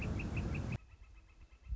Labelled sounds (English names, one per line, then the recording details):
Northern Flicker
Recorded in Sonoma County, California